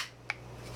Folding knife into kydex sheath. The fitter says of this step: sheath you know it still you know snaps into place